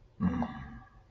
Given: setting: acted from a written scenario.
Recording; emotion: vocal sound without words; relief